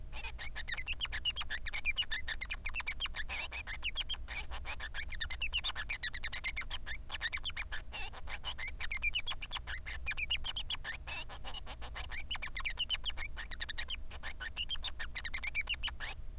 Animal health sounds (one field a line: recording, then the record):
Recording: song of a male Bengalese finch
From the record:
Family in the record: son of father 3